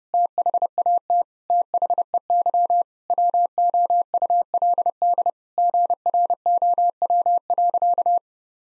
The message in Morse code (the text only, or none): THAT THEY WOULD GROW.